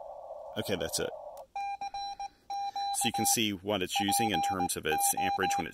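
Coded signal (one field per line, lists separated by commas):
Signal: Morse code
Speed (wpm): 20 wpm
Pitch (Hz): 800 Hz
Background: speech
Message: CQ PO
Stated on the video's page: Park activation using a simple speaker wire antenna built on site.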